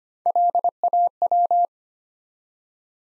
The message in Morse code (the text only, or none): LAW